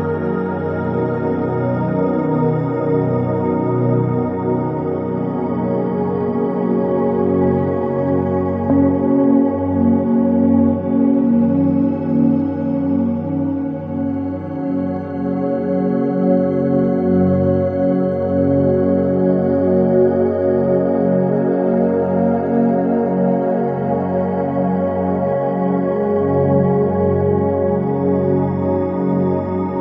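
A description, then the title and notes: Tibetan bowls ring together in a dense, sustained wash of overlapping tones that hold steady for the whole half minute. Deep, full low notes pulse and waver slowly beneath brighter shimmering overtones, with no sharp strikes standing out and no other sounds. Healing with Tibetan bowls.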